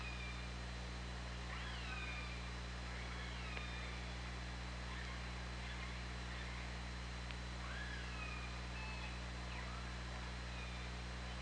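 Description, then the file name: Killer whale calls: several rising and falling whistled tones, one swooping sharply upward near eight seconds, over a steady low hydrophone hum and hiss. OrcaLab hydrophone, 24 August 2017. "Orca Lab UTLN JASON 20170824 203547"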